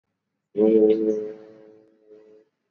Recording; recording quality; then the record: sustained vowel as in boot; excellent, no background noise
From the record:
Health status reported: exposed to COVID-19, no respiratory illness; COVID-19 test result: not tested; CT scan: not taken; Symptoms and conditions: none ticked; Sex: male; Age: 31 years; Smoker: yes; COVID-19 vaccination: both doses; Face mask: worn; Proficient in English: yes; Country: India